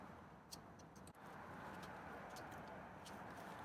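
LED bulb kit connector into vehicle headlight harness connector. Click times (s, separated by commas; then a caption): 0.5 s. An LED bulb kit connector is aligned with a Dodge Caravan's headlight harness connector and pushed together until it latches, with a sharp click at 0.5 s over steady broadband background noise. The connector clicks in and is seated.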